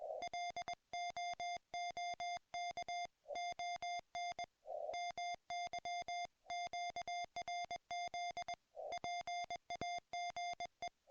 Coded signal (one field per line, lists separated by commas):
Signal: Morse code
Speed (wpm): 21 wpm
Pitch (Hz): 690 Hz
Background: music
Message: LOOK ON MY QRZ PAGE